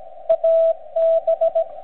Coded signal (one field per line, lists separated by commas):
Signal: Morse code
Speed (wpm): 19 wpm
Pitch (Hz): 660 Hz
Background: radio noise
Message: AB